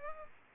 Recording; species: mosquito wingbeat signal from an infrared sensor; Aedes aegypti